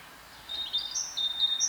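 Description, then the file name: Great tit uttering a brief string of high, clear piping notes, some pitched slightly higher than others, over light background hiss. "Parus major"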